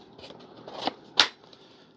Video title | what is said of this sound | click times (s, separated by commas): NEW ARROWS P-51D 850MM MUSTANG UNBOX AND ASSEMBLY by FGFRC #newrelease | oh I love that that clicks right in | 1.2 s